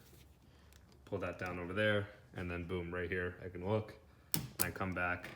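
A folding section of a NextLED underhood LED work light bar (part ELF-2220LF) is pulled down to look inside and then pushed back up toward its retaining clip by hand. Someone talks throughout, with a few faint clicks early on and sharper handling sounds near the end. Nothing has seated or clicked into the clip yet.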